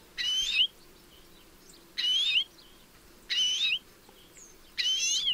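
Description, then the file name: European greenfinch producing four drawn-out, wheezy buzzes with a twisting whistled tone inside, separated by quiet gaps of about one second. "Chloris chloris"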